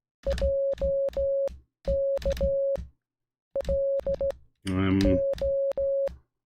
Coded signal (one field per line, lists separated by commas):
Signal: Morse code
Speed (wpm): 17 wpm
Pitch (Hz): 560 Hz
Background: music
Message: JK L O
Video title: Morse Code | Alphabet & Words Practice | Numbers 1-10